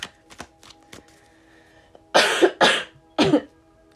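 An adult woman coughs three times in quick succession.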